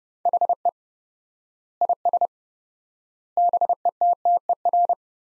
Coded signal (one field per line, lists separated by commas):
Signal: Morse code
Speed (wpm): 30 wpm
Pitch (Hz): 700 Hz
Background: none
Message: HE IS BETTER